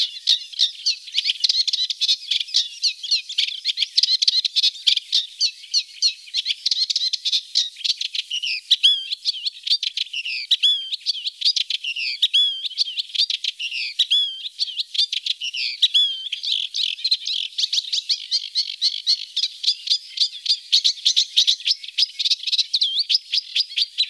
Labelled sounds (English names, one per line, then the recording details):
Eurasian Reed Warbler song
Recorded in the wild
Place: Flögelner See, Schleswig-Holstein, DE
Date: 1987-05-23
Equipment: Alparon-Reflektor
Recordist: Schwarz, Dieter
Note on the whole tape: Song